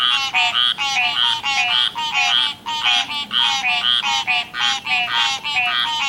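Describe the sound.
Frogs producing quick nasal croaks in overlapping bursts, with a brief lull midway.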